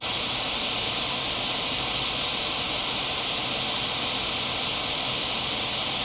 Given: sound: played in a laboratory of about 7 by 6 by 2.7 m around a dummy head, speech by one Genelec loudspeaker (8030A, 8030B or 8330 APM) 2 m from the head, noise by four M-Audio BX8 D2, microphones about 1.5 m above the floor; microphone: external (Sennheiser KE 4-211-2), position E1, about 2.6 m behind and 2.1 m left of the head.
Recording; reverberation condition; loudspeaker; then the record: white noise; low; four, about 170 cm from the corners of the room and facing them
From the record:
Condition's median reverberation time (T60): about 310 ms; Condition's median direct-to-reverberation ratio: about 3.5 dB